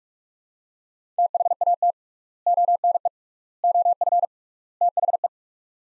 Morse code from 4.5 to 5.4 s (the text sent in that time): THE